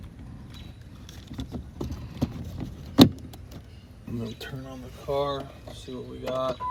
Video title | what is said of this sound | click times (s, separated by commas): How to replace SwitchDoctor window master lock | I'm g try to get this in here quick. This should snap right in. | 3.0 s